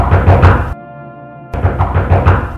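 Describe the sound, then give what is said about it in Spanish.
Loud, heavy knocking on a wooden door, someone trying to get a young woman locked in her room to open it, comes in two rapid bursts of several blows each, separated by a short lull where a faint steady tone hangs underneath. “¡Abra la puerta o tendremos que echarla abajo!”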